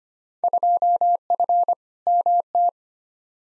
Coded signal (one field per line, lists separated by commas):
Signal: Morse code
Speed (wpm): 25 wpm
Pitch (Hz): 700 Hz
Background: none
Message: 2F MT